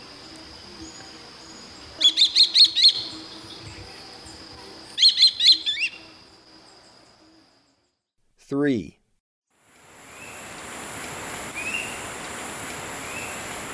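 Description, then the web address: Swallow-tailed kite calls in two short bursts of rapid, high, thin whistled notes, each burst under a second long; a brief sweeping sound follows, then steady background hiss. Recorded in the eastern lowlands of South America. "Natures Songs S America Eastern Lowlands. Swallow-tailed Kite"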